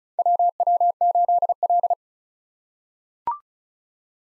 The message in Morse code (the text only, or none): WW8L